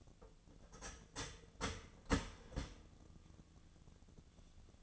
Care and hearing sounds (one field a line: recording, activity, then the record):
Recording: daily activity, microphone in the room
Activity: start toaster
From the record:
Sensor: 4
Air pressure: 1001.0 hPa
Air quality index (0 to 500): 164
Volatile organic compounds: 2 ppm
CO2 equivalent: 1192 ppm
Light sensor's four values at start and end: 16/37/16/17 and 16/37/16/16